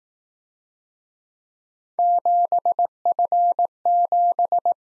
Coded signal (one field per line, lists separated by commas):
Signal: Morse code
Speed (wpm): 18 wpm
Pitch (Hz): 700 Hz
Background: none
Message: 7F7